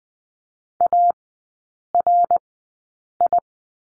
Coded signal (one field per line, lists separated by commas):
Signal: Morse code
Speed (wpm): 20 wpm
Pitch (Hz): 700 Hz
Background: none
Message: ARI